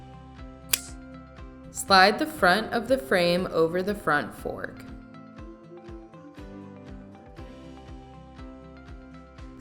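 A spring pin at the rear of a Radio Flyer Steady Start balance bike frame is pressed and the frame is pushed into the rear wheel assembly. A single sharp, loud click at 0.7 s shows it has seated, heard over background music. Someone then talks.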